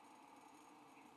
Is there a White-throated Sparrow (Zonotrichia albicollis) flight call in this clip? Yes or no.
no